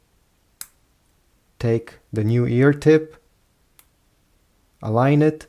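A silicone ear tip is held in position and pulled off the nozzle of an AirPods Pro 3 earbud, coming off with a sharp snap at 0.6 s, and a fainter tick follows at 3.8 s. Someone talks in between, and the tip is released from the earbud.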